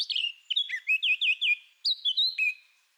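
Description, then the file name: Eurasian blackcap song: loud, fluting whistled notes in quick varied phrases, with a short pause midway before a final whistled burst. "Sylvia atricapilla"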